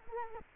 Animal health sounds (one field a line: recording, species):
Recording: mosquito wingbeat signal from an infrared sensor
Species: Culex quinquefasciatus